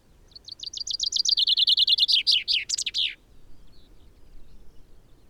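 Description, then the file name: Common chaffinch delivers a full song: a series of sharp notes descending steadily, finishing with a terminal flourish, about three seconds long. "Fringilla coelebs"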